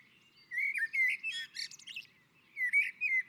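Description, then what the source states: Common blackbird singing a short fluted phrase with a squeaky high flourish. A second mellow phrase begins right after it. On the roof.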